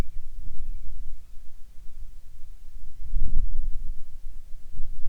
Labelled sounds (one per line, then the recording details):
seabird
wind
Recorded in the Arctic National Wildlife Refuge, Alaska, on 7 July 2019 at 18:59
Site 41